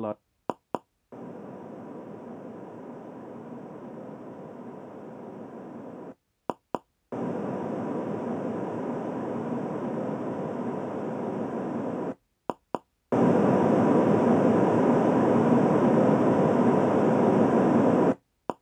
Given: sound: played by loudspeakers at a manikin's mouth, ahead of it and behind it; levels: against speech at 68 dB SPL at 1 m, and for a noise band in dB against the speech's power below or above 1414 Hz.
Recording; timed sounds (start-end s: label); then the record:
test signals for a remote microphone
0.00-0.12 s: man speaking
0.50 s: click
0.75 s: click
1.12-6.12 s: speech-spectrum noise, -10 dB
6.50 s: click
6.75 s: click
7.12-12.12 s: speech-spectrum noise, 0 dB
12.50 s: click
12.75 s: click
13.12-18.12 s: speech-spectrum noise, +10 dB
18.50 s: click
From the record:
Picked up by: measurement microphone